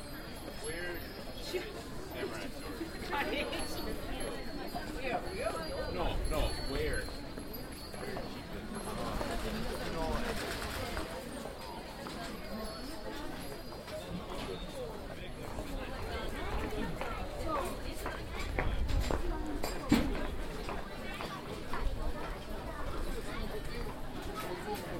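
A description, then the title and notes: A binaural field recording from the Asakusa district of Tokyo, Japan, filled with a steady crowd of overlapping voices talking throughout. Scattered footsteps and clattering knocks come and go, with louder swells of activity around six, ten and nineteen seconds. Approaching Sensō-ji. A binaural field recording recorded in the Asakusa district of Tokyo, Japan.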